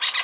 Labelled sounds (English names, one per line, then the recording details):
Brown-throated Parakeet contact call
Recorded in Venezuela
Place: Guárico; Corozopando; Fundo La Fe
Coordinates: 8.506, -67.593